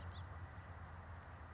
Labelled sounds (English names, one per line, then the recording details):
House Finch
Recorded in Sonoma County, California